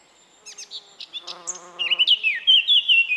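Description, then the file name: Eurasian blackcap song: a quiet scratchy warble with a low buzzing sound beneath, building into loud, clear fluted whistles that slur up and down. "Sylvia atricapilla"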